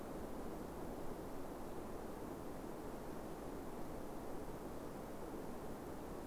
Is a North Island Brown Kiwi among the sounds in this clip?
no